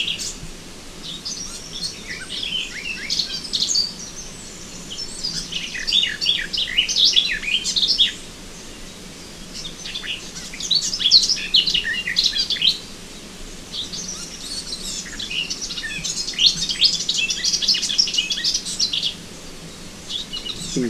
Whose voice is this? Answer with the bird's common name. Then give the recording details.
Garden Warbler. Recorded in the wild. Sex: male. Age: adult. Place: Krüseliner Mühle, Feldberger Seenlandschaft, Mecklenburg-Vorpommern, DE. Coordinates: 53.2664, 13.4164. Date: 2000-05-27. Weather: clear, 15°C. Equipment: Sony TCD-D8, Telinga Pro 5. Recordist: Frommolt, Karl-Heinz